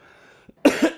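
Two quick, harsh coughs in a row from an adult, a lingering cough that has persisted since an earlier bout and is still hanging on.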